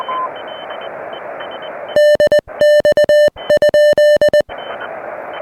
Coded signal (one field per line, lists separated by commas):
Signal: Morse code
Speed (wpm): 20 wpm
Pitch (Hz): 590 Hz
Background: radio noise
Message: DX?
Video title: Delta Loops and ‘Gorge’-ous Views: SOTA with Scott and Vlado!